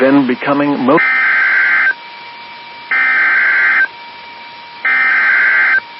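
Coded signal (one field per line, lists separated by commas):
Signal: Emergency Alert System (SAME) tones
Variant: header bursts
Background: speech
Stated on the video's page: Severe thunderstorm warning EAS alert for Wood County.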